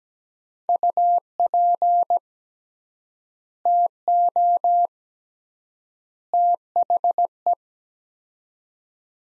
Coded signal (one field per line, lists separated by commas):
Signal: Morse code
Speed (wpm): 17 wpm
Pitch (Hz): 700 Hz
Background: none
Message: UP TO THE